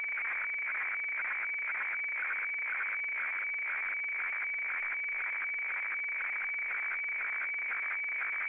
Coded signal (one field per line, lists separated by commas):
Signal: weather fax (radiofax)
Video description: Reception of an Australian Bureau of Meteorology broadcast of a weather FAX of high seas for Australian coastal areas from the VMW transmitter at Wiluna in Western Australia.